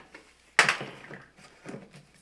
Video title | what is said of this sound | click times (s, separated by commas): COMPLETE HOW TO: BLUETTI Dual AC300 240V Split-Phase Setup & What it CAN (and CANNOT) Do | soon as you hear it snap there's a little lock button and then I'm going to put that one | 0.6 s